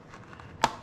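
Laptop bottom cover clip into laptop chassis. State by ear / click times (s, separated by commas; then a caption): seated / 0.6 s. A plastic bottom cover clip on an HP laptop m14-cd0001dx snaps into the laptop chassis as the cover is pressed back on, starting at one side. A few faint ticks come before a single sharp plastic snap at 0.6 s, and the clip is seated.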